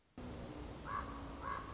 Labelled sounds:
Common Raven (Corvus corax)
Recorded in Sonoma County, California

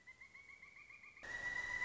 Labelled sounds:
Pileated Woodpecker (Dryocopus pileatus)
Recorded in Sonoma County, California

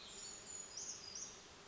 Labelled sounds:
Brown Creeper (Certhia americana)
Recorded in Sonoma County, California

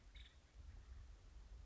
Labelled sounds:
Nuttall's Woodpecker (Dryobates nuttallii)
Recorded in Sonoma County, California

